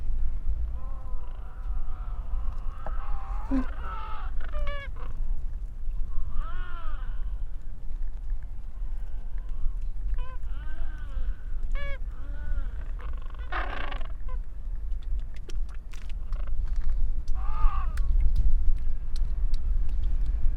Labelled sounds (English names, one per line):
Gentoo Penguin call